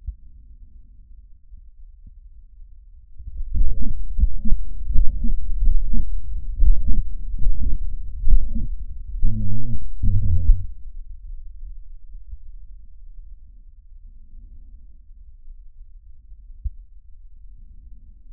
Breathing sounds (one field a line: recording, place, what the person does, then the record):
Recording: lung sounds by stethoscope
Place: trachea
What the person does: quiet breathing, then cough and speech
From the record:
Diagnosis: interstitial lung disease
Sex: male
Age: 65 years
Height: 161 cm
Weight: 74.6 kg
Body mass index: 28.8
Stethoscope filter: bell mode